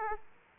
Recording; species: mosquito wingbeat signal from an infrared sensor; Aedes aegypti